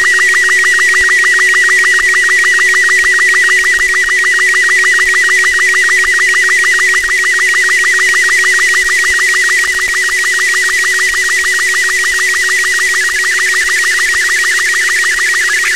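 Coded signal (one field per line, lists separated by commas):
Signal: SSTV (slow-scan television)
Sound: high steady whistle near 2 kHz chopped by rapid regular low blips, with a low hum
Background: steady low hum, hiss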